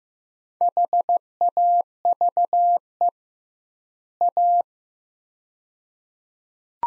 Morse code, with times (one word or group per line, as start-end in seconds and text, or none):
0.6-3.1 HAVE
4.2-4.6 A